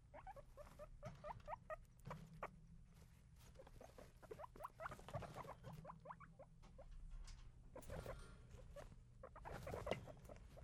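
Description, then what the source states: Guinea pig squeaking, a long run of short pitched squeaks with harmonics, in irregular bursts over a low rumble and scratchy rustling movement. Kept in a cage.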